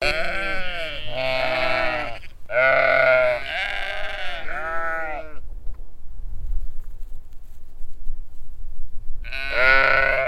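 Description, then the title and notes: Sheep flock bleating loudly in overlapping quavering baas, a quiet pause, then another strong bleat; constant low wind noise. Large flock on a windy hill pasture near Hupperdange, bleating at a stranger on the road. "On a windy hill. A big group of sheeps baaing to the stranger at the road."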